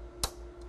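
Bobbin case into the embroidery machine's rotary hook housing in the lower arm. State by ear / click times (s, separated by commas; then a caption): seated / 0.2 s. A bobbin case holding a threaded bobbin is pushed into the rotary hook housing in the lower arm of an embroidery machine. A single sharp click at 0.2 s rises over a steady low hum, followed by a faint high tick near 0.6 s. The click means the bobbin case is seated and the bobbin is in.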